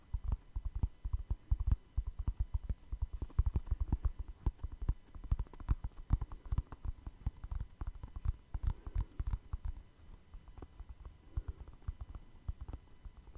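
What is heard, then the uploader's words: Tapping goes on throughout: quick, dense knocks that come in uneven bursts, mostly low and dull with a sharp click on top. The pace stays busy for the whole stretch, easing slightly near the end, with no voices. Tapping No Talking.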